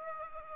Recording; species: mosquito wingbeat signal from an infrared sensor; Aedes aegypti